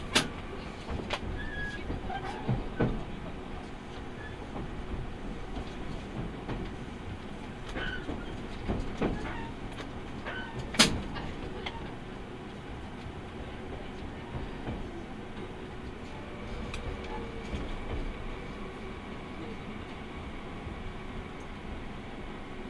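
A train ride, with a steady low rumble of the moving carriage filling all 23 seconds. Sharp clicks and knocks of the wheels and car punctuate it, loudest near the start and around eleven seconds, with a few faint tones drifting through.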